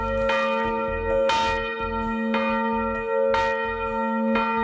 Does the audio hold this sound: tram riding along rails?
no